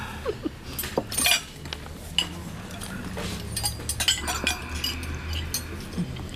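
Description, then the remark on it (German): Cutlery clinks and scrapes against plates during a meal, in scattered, irregular bright taps, with a low hum of murmuring talk underneath throughout. “Ich wünsche guten Appetit.”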